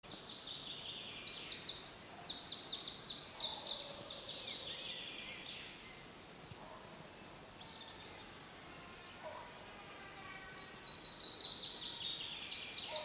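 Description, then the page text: Greenish warbler singing two rapid, high, tumbling phrases of buzzy notes, separated by several seconds of pause. "Dmitry Kulakov - Зелёная пеночка (Phylloscopus trochiloides)"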